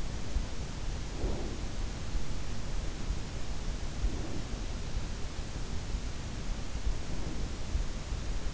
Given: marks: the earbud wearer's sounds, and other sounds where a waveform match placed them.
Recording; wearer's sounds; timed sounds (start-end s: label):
sounds in sleep by an in-ear microphone; breath
0.80-2.48 s: breath
3.91-4.88 s: breath
6.75-8.17 s: breath